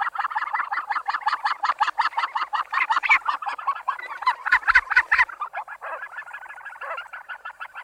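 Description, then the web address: Australasian gannet calls: rapid, harsh, throaty pulses, louder in the middle, then quieter grating. "australasian-gannet takapu"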